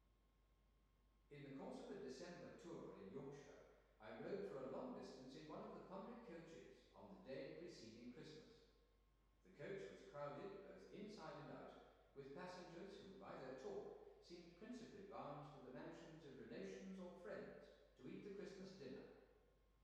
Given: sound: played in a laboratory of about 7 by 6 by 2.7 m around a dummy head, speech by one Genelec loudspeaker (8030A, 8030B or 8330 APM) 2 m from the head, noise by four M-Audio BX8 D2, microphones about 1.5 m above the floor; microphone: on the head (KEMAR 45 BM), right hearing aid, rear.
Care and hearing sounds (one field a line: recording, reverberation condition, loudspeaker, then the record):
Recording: male speech in English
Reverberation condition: high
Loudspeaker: 90 degrees to the left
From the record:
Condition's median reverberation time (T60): about 1300 ms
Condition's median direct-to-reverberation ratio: about -4.0 dB